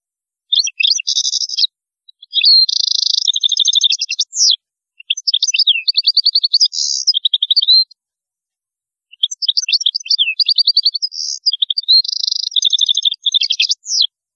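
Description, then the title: European goldfinch song, a fast tinkling twitter of high notes mixed with buzzy trills, in four bursts separated by short pauses. "Chant Chardonneret"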